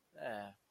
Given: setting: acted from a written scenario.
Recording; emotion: vocal sound without words; neutral